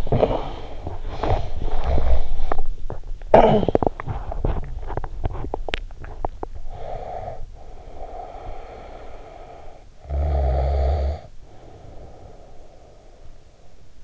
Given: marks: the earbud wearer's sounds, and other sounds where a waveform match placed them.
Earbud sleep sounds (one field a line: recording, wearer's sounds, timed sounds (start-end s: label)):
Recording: sounds in sleep by an in-ear microphone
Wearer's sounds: cough or throat clearing or sniffle, snoring breath, teeth grinding, breath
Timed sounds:
0.00-0.63 s: cough or throat clearing or sniffle
1.12-2.42 s: snoring breath
3.31-4.06 s: cough or throat clearing or sniffle
4.09-6.66 s: teeth grinding
6.66-9.92 s: breath
9.99-14.04 s: snoring breath